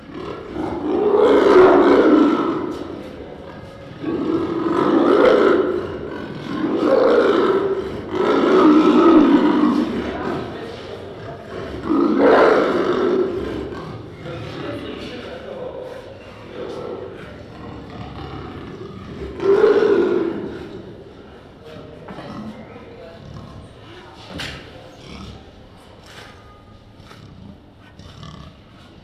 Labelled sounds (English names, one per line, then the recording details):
Leopard call
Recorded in captivity
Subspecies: delacouri
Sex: pair
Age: adult
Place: Tierpark Berlin, Berlin, DE
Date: 1968-03-03 09:00
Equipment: R 20/1, Sennheiser MD 421
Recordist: Tembrock, Günter
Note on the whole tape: Malaya-Leopard. Männchen: Rufe, dann zum Weibchen auf Brett, Nackenbiß, sie dreht sich auf Rücken (Laute), springt nach unten und vorn ans Gitter, er reitet auf, Kopula unvollständig, Nackenbiß, dann keckernde Laute beim Loslassen. Abstand: erst 12 m, später 3 m. Aufnahmezeit: 9.00-12.00 Uhr